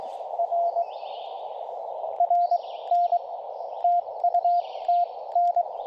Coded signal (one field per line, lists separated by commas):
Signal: Morse code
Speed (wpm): 21 wpm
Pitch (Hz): 690 Hz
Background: none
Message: R RN TU TN